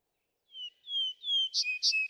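Vesper sparrow song opening: two long, slurred whistles, then a third whistle, followed by two brief buzzy bursts.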